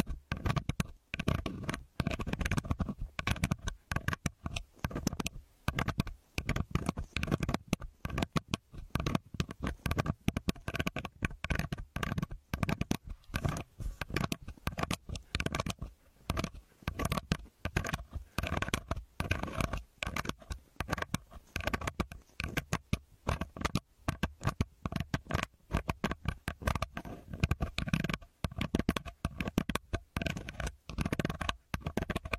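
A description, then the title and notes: An earpick scrapes and rubs for the whole stretch, making dense, fast, irregular scratching and crackling with no pauses. Each stroke carries a heavy low thump under a rough, hissy top, and the level jumps constantly from one scrape to the next. Use the earpick to help you remove earwax.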